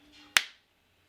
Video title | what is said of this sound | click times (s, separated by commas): Hardkorr Lighting Head Torch #hardkorr #camplighting #lx470 | close until you have your a positive click | 0.4 s